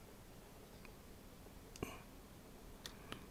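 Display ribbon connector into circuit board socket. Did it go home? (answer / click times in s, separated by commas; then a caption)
no / none. A weak display ribbon connector that kept popping off is lined up and pushed back onto its circuit board socket. A few faint, short taps and scrapes are heard near 1.8, 2.9 and 3.1 seconds over a low steady background. The connector has not clicked into place yet.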